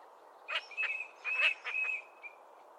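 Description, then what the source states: Eurasian Teal display calls: a quick run of short, clear whistled notes with a few sharper chiming clicks, then a last softer whistle. Displaying teals; males give chimes and whistles.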